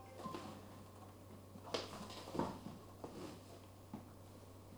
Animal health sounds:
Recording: poultry house recording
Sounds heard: no chicken sound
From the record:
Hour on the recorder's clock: 17

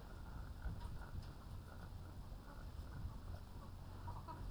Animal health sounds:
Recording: poultry house recording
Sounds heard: sick chickens (respiratory disease)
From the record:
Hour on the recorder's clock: 21

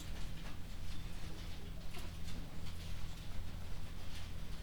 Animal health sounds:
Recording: poultry house recording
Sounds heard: healthy chickens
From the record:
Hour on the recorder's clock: 22

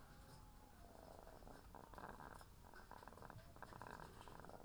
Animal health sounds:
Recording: poultry house recording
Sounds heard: sick chickens (respiratory disease)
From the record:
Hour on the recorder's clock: 18

